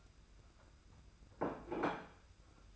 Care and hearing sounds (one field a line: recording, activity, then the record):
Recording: daily activity, microphone in the room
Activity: place plate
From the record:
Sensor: 2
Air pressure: 991.7 hPa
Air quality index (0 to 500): 187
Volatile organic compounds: 1000 ppm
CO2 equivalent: 6127 ppm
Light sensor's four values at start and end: 27/85/33/31 and 27/85/33/31